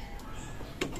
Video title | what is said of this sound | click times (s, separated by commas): Aircon Refrigerant Top Up - SUZUKI Every DA64/DA63T/DA65T/Scrum DG64/DG63T/DA17/DA16T/K6A Engine | Ayan. Yan. So pagpasok niya, nakalock na agad. | 0.8 s